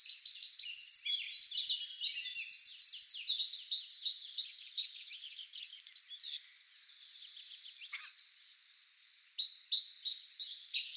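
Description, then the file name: Eurasian wren song: loud, rapid high trills at the start, followed by a long, somewhat softer stream of fast twittering notes. "Troglodytes troglodytes"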